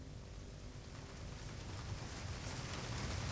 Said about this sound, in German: Beim zweiten Treffen fiel feiner Regen, der sie bis auf die Haut durchnässte.